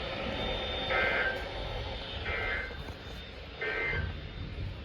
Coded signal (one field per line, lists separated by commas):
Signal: Emergency Alert System (SAME) tones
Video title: BEFORE RICHMOND... Alerts from 7/29/23 (EAS #769 - 787)